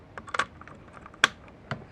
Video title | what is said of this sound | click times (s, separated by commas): 2003-2007 Honda Accord Window Master Switch Installation Instructions | and just snaps back into place there | 1.2 s